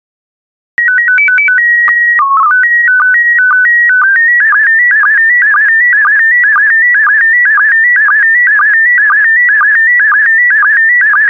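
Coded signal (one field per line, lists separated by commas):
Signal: SSTV (slow-scan television)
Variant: PD 120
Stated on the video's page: SSTV images in PD120 mode.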